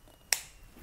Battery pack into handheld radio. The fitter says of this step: just snaps in like that so you're basically holding the radio upside down just snaps in